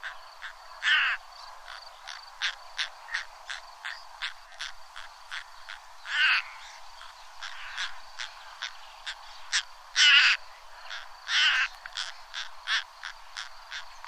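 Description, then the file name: European roller harsh calls, short rasping notes repeated in a loose series, with several louder, longer grating calls standing out among them. "szalakota hangja"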